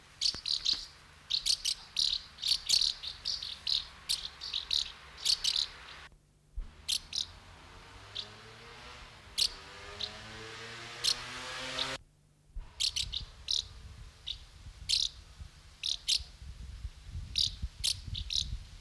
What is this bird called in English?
Common House Martin